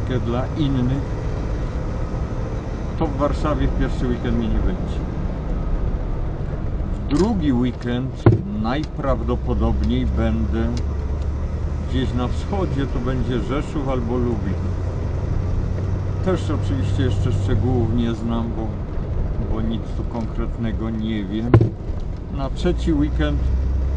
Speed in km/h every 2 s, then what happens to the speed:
43, 46, 46, 39, 26, 25, 31, 35, 40, 36, 24, 21.
0-5 steady at about 46. 5-9 brakes to 25. 9-17 speeds up to 40. 17-21 brakes to 21.